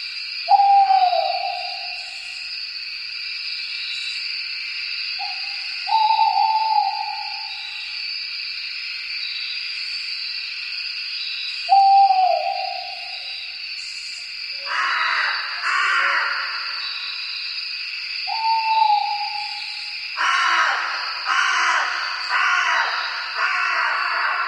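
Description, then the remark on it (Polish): Birds call at night, at about one o'clock, with about five low, hooting notes that slide downward, spaced several seconds apart, over a steady high buzzing drone like insects, with no talking; aired on Polish Radio Program Three (Trójka). “Myślę, że te dźwięki, które kończyły minioną godzinę, idealnie pasują do ptaków, które teraz, bo na zegarze pierwsza.”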